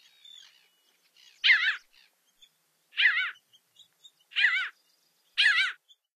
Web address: Songs of Birds of North America Stokes. Parasitic Jaeger